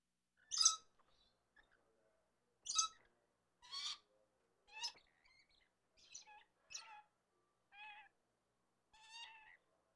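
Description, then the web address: Red lory giving spaced harsh chirps, loud at first, then softer. "red lories chirp"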